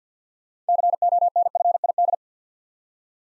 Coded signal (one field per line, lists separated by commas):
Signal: Morse code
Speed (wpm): 50 wpm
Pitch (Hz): 700 Hz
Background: none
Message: CONFID